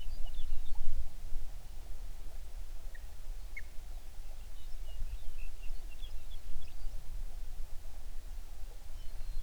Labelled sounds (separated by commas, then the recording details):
songbird
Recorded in the Prudhoe Bay oil fields, Alaska, on 11 June 2019 at 05:09
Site 21